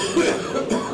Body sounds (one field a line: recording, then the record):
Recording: coughing mixed with background sound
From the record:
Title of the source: Residual Phlegmy Morning Coughing and Gagging